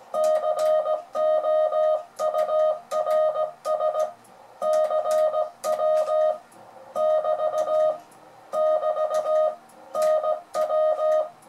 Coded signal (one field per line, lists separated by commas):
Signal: Morse code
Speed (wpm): 17 wpm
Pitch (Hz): 620 Hz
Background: music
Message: COURS CW <BT> <BT> NW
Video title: cours de morse pour débutants chaque mardi